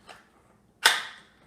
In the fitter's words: there is the signature click sound you hear when you get a Doug Wilson yellow Hawk sheath